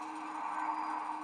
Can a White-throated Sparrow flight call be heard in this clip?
no